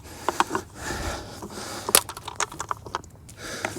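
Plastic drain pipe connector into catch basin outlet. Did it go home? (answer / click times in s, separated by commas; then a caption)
no / none. A plastic drain pipe connector is pushed and rotated into the side outlet of a new 9-inch plastic catch basin, producing scraping and several short plastic knocks, the loudest near 1.9 s. The connector has not locked into place yet.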